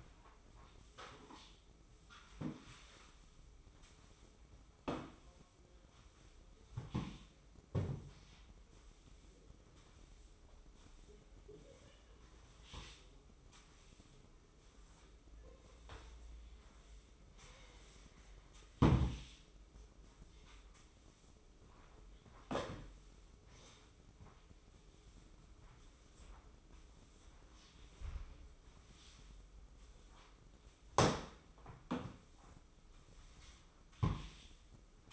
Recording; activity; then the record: daily activity, microphone in the room; sweep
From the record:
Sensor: 1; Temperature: 24.1 degrees Celsius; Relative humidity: 31.5%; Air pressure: 995.9 hPa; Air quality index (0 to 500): 67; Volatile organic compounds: 3 ppm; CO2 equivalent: 1360 ppm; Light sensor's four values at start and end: 32/110/43/45 and 32/110/43/45